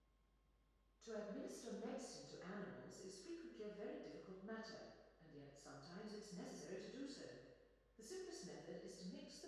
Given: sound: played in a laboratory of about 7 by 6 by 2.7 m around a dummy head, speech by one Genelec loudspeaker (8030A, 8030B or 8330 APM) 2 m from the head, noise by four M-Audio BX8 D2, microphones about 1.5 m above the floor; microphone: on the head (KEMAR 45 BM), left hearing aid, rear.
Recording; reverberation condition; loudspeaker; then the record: female speech in English; high; 60 degrees to the right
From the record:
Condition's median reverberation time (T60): about 1300 ms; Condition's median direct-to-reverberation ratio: about -4.0 dB